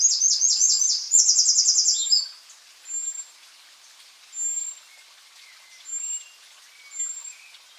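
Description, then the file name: Eurasian wren song: fast, high, rattling trills for about two seconds, followed by scattered soft chirps and thin whistles. "Troglodytes troglodytes"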